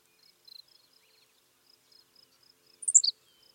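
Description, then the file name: Henslow's sparrow giving one short, hiccupping burst of high notes near the end, stepping sharply downward, over faint, steady insect-like ticking. "Ammodramus henslowii - Henslow's Sparrow"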